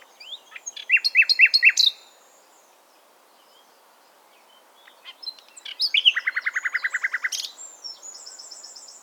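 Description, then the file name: Common nightingale song in two phrases: first a series of several loud repeated chirps, then after a pause a fast run of quick repeated notes followed by a high trill. "Luscinia megarhynchos"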